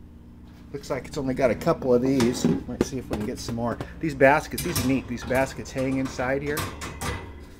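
Someone talks while handling a hanging storage basket on its pantry rail in the pantry of a 2004 Gear Box 260 FB RV, a basket meant to lock into place so canned goods stay put while travelling. Light handling knocks and rattles sit under the talking, with a brief louder knock near 7.0 s. The basket has not seated or clicked into place yet.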